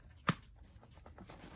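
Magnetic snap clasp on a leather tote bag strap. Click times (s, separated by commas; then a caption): 0.3 s. A magnetic snap clasp on the strap part of a leather tote bag is closed. It snaps shut with one sharp, short snap at 0.3 s, followed by faint soft rustling.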